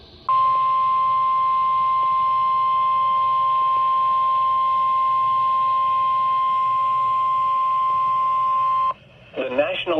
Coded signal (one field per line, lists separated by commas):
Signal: Emergency Alert System (SAME) tones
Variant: 1050 Hz attention tone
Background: speech